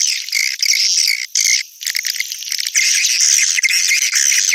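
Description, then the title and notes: Swiftlet chirping calls, a dense high-pitched twittering with brief gaps, continuing throughout. Swiftlet sound from swiftlet farming in Asia. "Swiflet Bird Sound. Farming Swiflet Bird asia sound"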